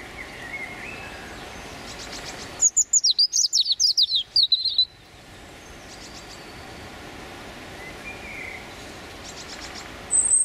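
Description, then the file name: European robin song: one cascading phrase of high, sharp notes and trills lasting about two seconds, with faint repeated thin ticking notes in the background, and a new high note starting at the very end. Male singing his territorial song. "European Robin Erithacus rubecula male singing his territorial song"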